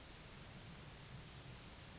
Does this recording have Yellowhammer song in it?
no